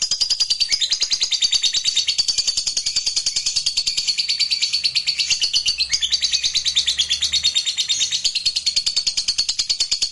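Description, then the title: Lovebird song, a loud, relentless stream of high, scratchy, fast-pulsed twitters running throughout without a break. "Suara Lovebird Ini"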